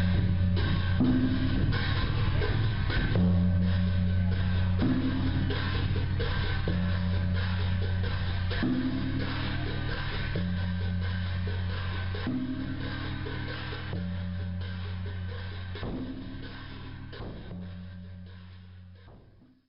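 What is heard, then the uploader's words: Drums and cymbals played by young monks for an evening call to prayer. Deep, booming drum strokes sound at a steady pace with shimmering cymbal clashes layered over them, the pattern repeating every couple of seconds. The playing stays loud throughout, fading only at the very end. Drums and cymbals played by young monks for the early evening call to prayer at a small Wat (temple) in Luang Prabang, Laos. Evening prayer drums and cymbals.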